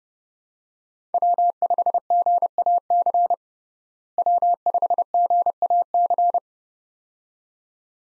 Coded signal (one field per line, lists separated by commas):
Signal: Morse code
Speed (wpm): 30 wpm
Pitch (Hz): 700 Hz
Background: none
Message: W5GAC W5GAC